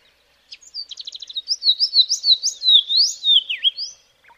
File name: karoo scrub robin